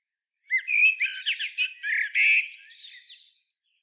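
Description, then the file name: Common blackbird song: a fluted, whistled phrase of low warbling notes running straight into a squeaky, twittering finish, about three seconds long. "Turdus merula"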